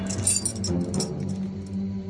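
A bunch of keys, found while searching a man, jangles in a quick flurry of bright metallic clinks, strongest in the first second and then fading to softer rattles over a steady low hum.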